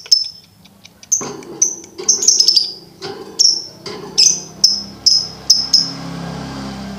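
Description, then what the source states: Lovebird chatter: high, sharp notes come in uneven clusters, some doubled, amid some rustling noise, then settle into a steadier repeated series. Training recording for birds to learn the ngekek song style.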